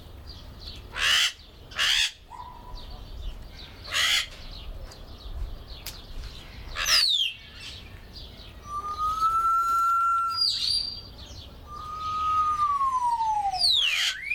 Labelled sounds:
Golden-collared Macaw
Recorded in captivity
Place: Zoo Berlin, Berlin, DE
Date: 1996-04-20 18:29
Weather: sonnig, 24°C
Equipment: Sony MD-WM MZ-R3, Sennheiser MKH 416 T, Kopie Uher 4000 Report Monitor
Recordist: Tembrock, Günter

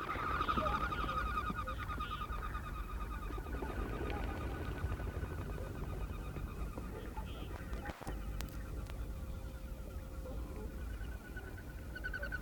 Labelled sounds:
Whooper Swan call
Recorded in the wild
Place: Ralswieker Forst, Insel Rügen, Mecklenburg-Vorpommern, DE
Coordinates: 54.48, 13.48
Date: 1969-04-06
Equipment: Nagra III BH, Sennheiser MD 21, parabola
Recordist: Schubert, Michael

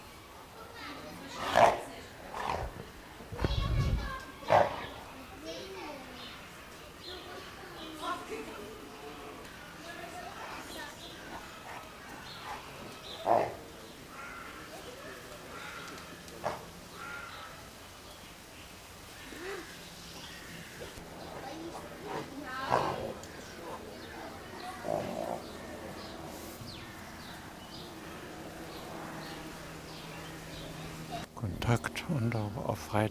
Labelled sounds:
Jaguar call
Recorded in captivity
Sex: male
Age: adult
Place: Zoo Berlin, Berlin, DE
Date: 1997-10-18 13:53
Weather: sunny, 12-15°C
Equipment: Nagra SN, Kopie Uher 4000 Report Monitor
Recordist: Tembrock, Günter

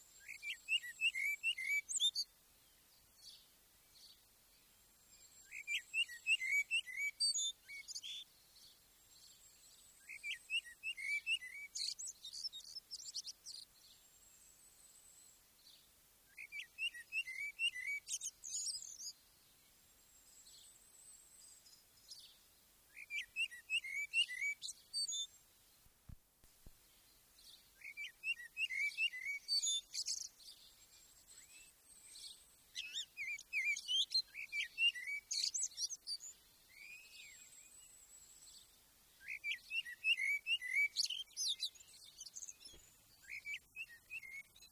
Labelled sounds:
Common Blackbird song
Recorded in the wild
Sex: male
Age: adult
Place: Garmisch-Partenkirchen, Bayern, DE
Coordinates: 47.4936, 11.0808
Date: 1966
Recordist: Tretzel, Erwin
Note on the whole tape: Garmisch-Partenkirchen, Zoeppritzstraße 11-13. Männchen: Gesang ("Einstrophige"). Aufnahmedatum: 13./14.04.1966

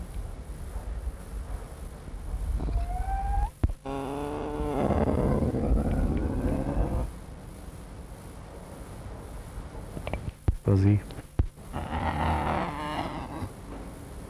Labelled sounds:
Eurasian Lynx
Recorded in captivity
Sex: pair
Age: adult
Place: Tierpark Berlin, Berlin, DE
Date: 1963-02-14 18:00
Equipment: Minifon, Kopie Smaragd
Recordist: Tembrock, Günter

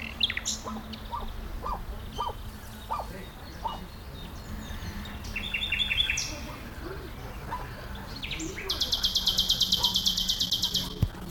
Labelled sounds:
Common Nightingale
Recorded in the wild
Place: Tierpark Berlin, Berlin, DE
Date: 1996-05-01 13:15
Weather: heiter, 17°C
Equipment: Sony MD-WM MZ-R3, Sennheiser MKH 416 T, Kopie Uher 4000 Report Monitor
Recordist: Tembrock, Günter

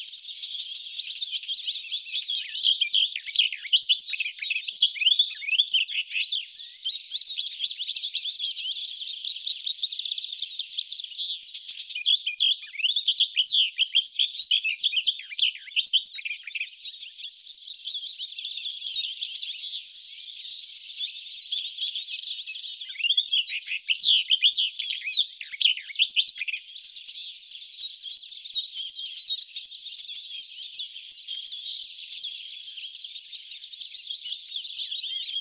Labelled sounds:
Barred Warbler song
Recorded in the wild
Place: Ahlenmoor, Schleswig-Holstein, DE
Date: 1980-05-29
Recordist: Schwarz, Dieter

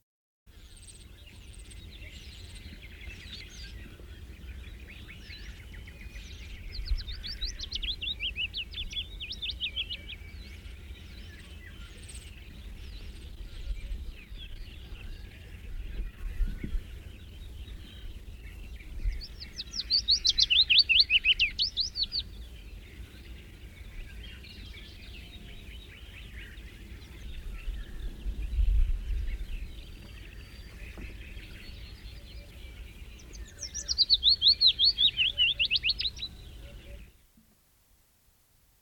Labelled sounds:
Willow Warbler song
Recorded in the wild
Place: Dumbraveni, Transilvania, RO
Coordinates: 46.23, 24.575
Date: 1973-05-02
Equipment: Nagra III BH, Sennheiser MD 21, parabola
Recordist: Schubert, Michael
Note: Fitis sirrend und singend

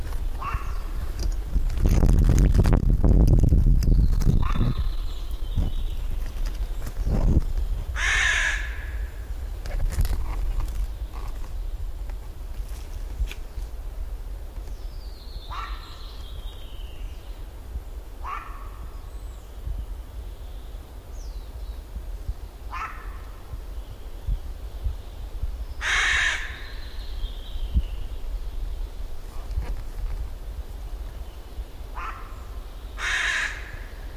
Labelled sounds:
Common Raven call
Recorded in the wild
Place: Halbinsel Kindo, Karelien, RU
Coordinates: 66.5508, 33.1036
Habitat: taiga
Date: 1990-07-01 17:20
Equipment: Uher 4000 Report Monitor, Sennheiser MKH 416 T
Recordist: Frommolt, Karl-Heinz

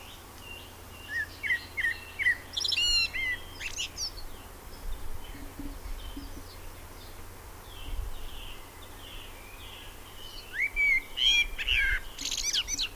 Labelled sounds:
Common Blackbird song
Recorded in the wild
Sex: male
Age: adult
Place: Hiltpoltstein, Bayern, DE
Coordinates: 49.6597, 11.3194
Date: 1963-06-04
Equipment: Nagra, AKG D19-200, Parabol, Original, Vollspur
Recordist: Tretzel, Erwin

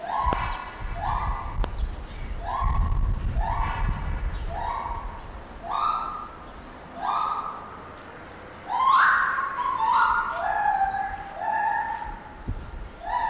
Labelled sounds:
Lar Gibbon
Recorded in captivity
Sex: pair
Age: adult
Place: Zoo Berlin, Berlin, DE
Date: 1988-11-19
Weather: wolkig bis heiter, 0-3°C
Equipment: Sony WM-D6C, Kopie Uher
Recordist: Tembrock, Günter
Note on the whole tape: Paar: Rufe im Innenraum, von draußen aufgenommen. Er (hellere Stimme), sie (große Rufreihe). Längere Strecke zusammenhängend aufgenommen. Bis 9.25 Uhr

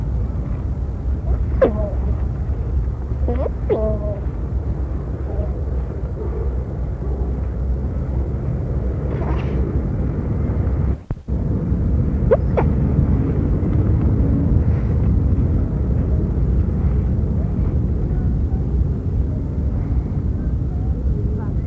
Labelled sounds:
Giant Otter call
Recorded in captivity
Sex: pair
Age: adult
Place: Tierpark Carl Hagenbeck, Hamburg, DE
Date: 1961
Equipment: Minifon, Kopie Smaragd
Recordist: Tembrock, Günter

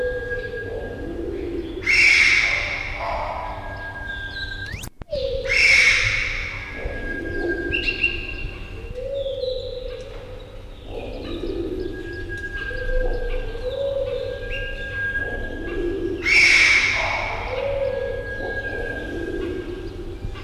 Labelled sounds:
Sunbittern
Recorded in captivity
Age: adult
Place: Tierpark Berlin, Berlin, DE
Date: 1974-01-26 10:40
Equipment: Uher 4200 Report Monitor, Verst., Sennheiser MD 421
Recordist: Tembrock, Günter

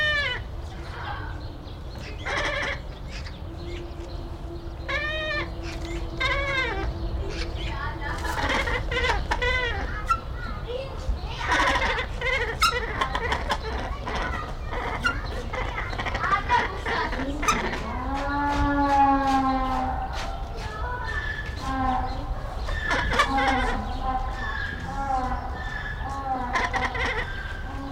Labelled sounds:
Striated Caracara
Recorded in captivity
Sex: male
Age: adult
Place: Tierpark Berlin, Berlin, DE
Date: 1994-04-08 13:01
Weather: heiter bis wolkig, ca. 8°C
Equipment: Marantz CP 430, Sennheiser ME 80, Kopie Uher Variocord 263
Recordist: Tembrock, Günter

